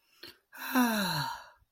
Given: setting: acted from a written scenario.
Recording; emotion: vocal sound without words; relief